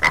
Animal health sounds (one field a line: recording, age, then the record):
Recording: pig call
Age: piglet (1 to 25 days)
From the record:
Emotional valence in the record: positive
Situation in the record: reunion after long isolation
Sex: male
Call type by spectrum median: low-frequency call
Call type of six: low-frequency tonal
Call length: 0.11 s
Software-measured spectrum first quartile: 1007 Hz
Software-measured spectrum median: 1799 Hz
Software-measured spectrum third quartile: 2166 Hz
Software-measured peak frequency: 2032 Hz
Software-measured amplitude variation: 122 dB a second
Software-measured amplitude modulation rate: 13.6 a second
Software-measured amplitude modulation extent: 9.0 dB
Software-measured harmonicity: 3.1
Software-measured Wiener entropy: -1.22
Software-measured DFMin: 974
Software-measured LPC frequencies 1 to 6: 995, 2049, 3136, 4359, 5085, 6173 Hz